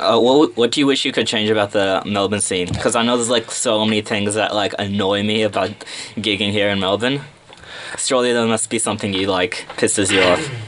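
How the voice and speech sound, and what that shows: An adult male radio host speaks clearly and fluently in a casual interview style, with one brief word repeat.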